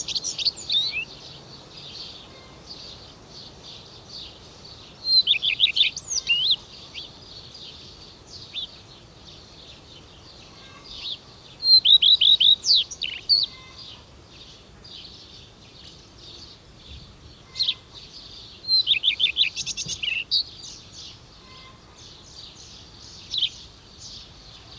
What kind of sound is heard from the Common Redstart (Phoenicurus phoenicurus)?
song